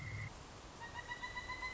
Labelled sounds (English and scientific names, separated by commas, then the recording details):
Pileated Woodpecker (Dryocopus pileatus)
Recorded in Sonoma County, California